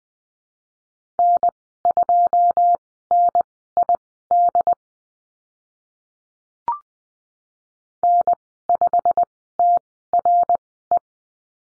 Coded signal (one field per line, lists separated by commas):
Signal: Morse code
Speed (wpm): 20 wpm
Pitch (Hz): 700 Hz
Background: none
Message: N2NID N5TRE